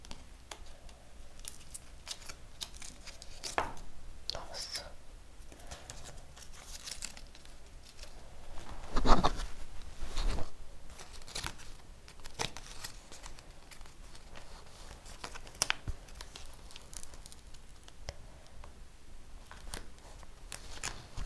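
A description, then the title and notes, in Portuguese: Sticker packets are torn open and the stickers stuck into an album. Short crisp rips, paper rustles and soft taps come irregularly throughout, with the loudest tearing burst around the nine-second mark. ASMR ABRINDO FIGURINHAS DA COPA DO MUNDO 2022 E COLANDO NO ALBUM.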